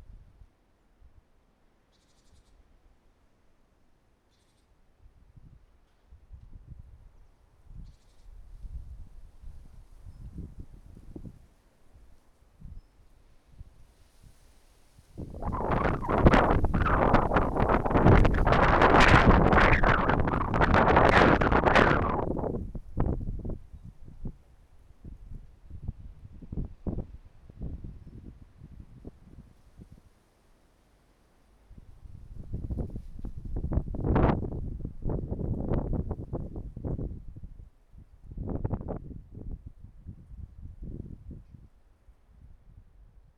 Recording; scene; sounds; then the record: everyday scene through a hearing-aid microphone; wind on the microphone; wind, traffic, birds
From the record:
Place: suburban garden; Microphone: behind the ear, right, rear